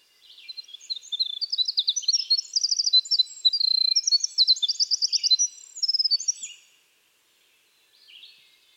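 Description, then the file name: Winter wren pouring out a high, fast song of trills and twittering runs for over six seconds, then a brief pause and a faint fragment at the end. "Troglodytes hiemalis - Winter Wren"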